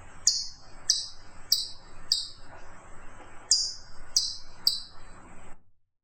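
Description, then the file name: Chipmunk calling with a run of seven bright, high chips, each dropping quickly in pitch, spaced about half a second to well over a second apart before silence. "burunduk"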